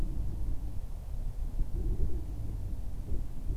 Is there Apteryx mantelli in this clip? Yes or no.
no